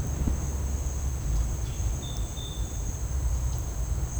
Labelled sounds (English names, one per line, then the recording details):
none
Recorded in dense forest near Puerto Asís, Putumayo, Colombia, on 20 December 2024 at 10:00
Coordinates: 0.481, -76.323
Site G100